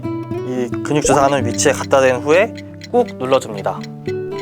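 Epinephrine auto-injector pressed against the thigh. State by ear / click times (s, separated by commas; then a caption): not seated / none. An epinephrine auto-injector is handled against the thigh while someone talks over background music with guitar. One sudden sound stands out at 0.7 s. The injector has not yet fired or clicked within the clip.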